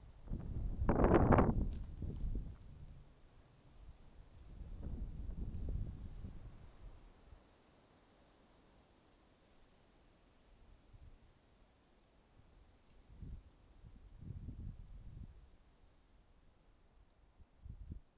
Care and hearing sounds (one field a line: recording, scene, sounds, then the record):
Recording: everyday scene through a hearing-aid microphone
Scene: wind on the microphone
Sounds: wind, traffic, birds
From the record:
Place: suburban garden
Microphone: in the ear canal, right